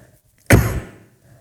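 A single sharp, explosive cough from an adult man bursts out midway, then fades over about half a second. It is very loud and very close to a body-worn microphone that moves with his body, so it sounds boomy and thud-like. One plain cough, with quiet room sound before and after.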